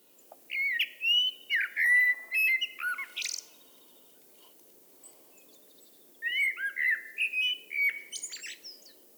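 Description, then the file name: Eurasian blackbird singing long melodious phrases of varied whistles and chuckles, the first ending in a shrill squeak, with a short pause between them. "Turdus merula"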